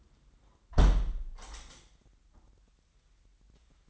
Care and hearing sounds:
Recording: daily activity, microphone in the room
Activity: close window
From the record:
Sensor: 3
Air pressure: 997.9 hPa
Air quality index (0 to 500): 139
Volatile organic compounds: 4 ppm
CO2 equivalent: 1656 ppm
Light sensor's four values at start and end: 14/41/16/15 and 14/41/16/15

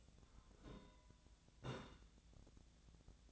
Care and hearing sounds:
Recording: daily activity, microphone in the room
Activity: take from stove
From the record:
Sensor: 3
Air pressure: 1010.1 hPa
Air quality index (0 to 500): 185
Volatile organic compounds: 13 ppm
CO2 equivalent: 2419 ppm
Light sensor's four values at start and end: 39/98/42/45 and 39/96/41/44

